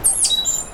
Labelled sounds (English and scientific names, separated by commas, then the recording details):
Stitchbird (Notiomystis cincta) song
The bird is a male
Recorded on Tiritiri Matangi Island, New Zealand, in 2005
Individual 9, of nest box 11